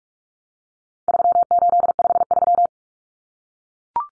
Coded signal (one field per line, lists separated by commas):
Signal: Morse code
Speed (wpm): 44 wpm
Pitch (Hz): 700 Hz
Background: none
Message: 3853